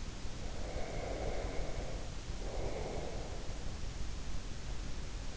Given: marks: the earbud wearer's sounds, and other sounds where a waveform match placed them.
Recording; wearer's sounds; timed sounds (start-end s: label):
sounds in sleep by an in-ear microphone; breath
0.47-3.29 s: breath